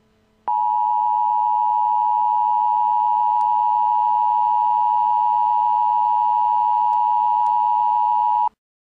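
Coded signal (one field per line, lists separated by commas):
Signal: Emergency Alert System (SAME) tones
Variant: 853 and 960 Hz attention tone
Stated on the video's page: Mock EAS fire warning for Marshall County, West Virginia.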